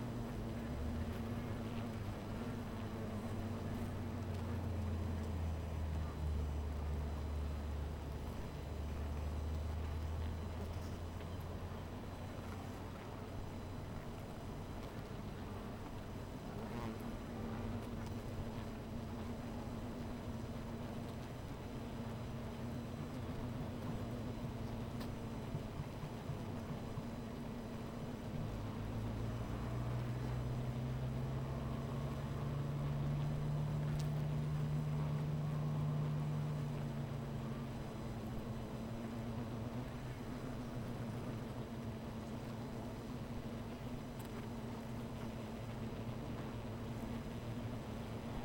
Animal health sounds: honeybee colony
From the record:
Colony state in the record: missing queen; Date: 14 July 2017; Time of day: 16:45

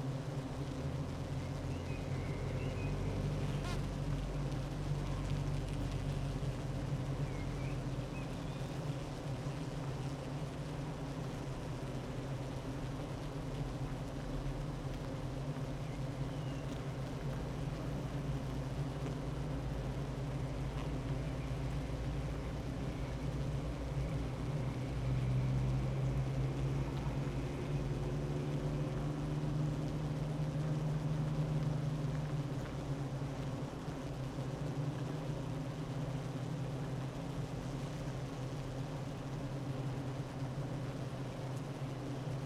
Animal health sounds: honeybee colony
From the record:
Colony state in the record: active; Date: 12 June 2018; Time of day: 9:25

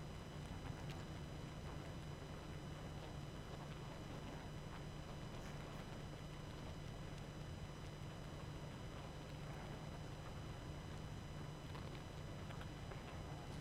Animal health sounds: honeybee colony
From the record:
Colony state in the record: active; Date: 12 June 2018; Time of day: 22:22

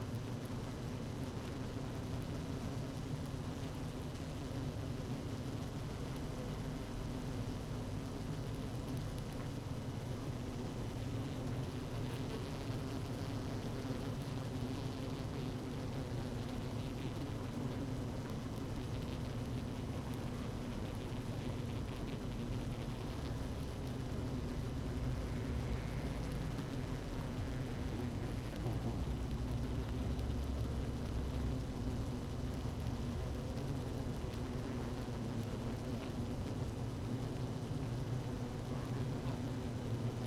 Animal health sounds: honeybee colony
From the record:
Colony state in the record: active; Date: 12 June 2018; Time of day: 17:12

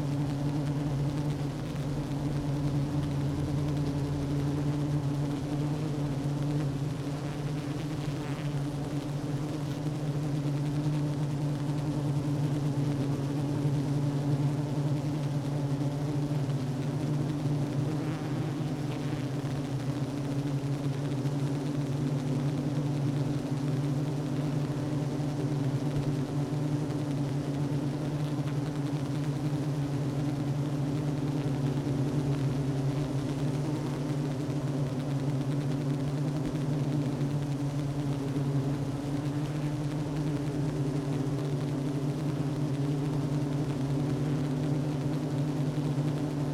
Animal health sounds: honeybee colony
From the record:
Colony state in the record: active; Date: 12 June 2018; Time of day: 10:28

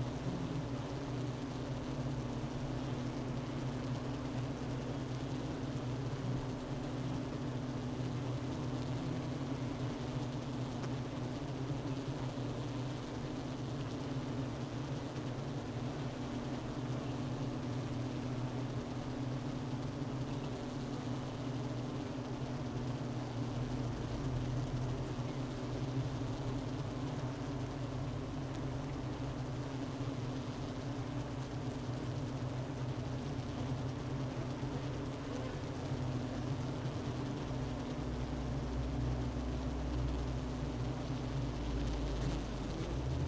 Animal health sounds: honeybee colony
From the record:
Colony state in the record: missing queen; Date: 31 May 2018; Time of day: 12:37

